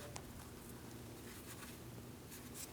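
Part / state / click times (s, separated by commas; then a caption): oxygen sensor electrical connector into vehicle wiring harness connector / seated / 0.2 s. A downstream oxygen sensor's plastic electrical connector on a 2015-2025 Ford Transit-250 is pressed into its mating wiring harness connector with the locking tab facing the driver's side. A sharp click at 0.2 s marks it seating, followed by low steady background noise. The connector is then checked and confirmed secured.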